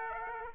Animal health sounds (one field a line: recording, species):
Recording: mosquito wingbeat signal from an infrared sensor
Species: Aedes aegypti